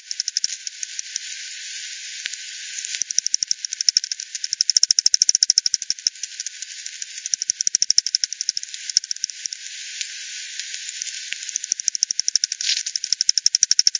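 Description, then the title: Bats echolocating with irregular trains of quick ticks, swelling and thinning in waves, with a few quieter stretches between busier passages. Multiple bats at the Hogsmill River, Hogsmill Lane, 7 October 2020 at 18:10 UTC; recorded with frequency division by ten, band-pass filtered and resampled. "WW bat 20201007 T 18 : 10 Z-Hogsmill-Lane-Hogsmill-River-multiple-bats"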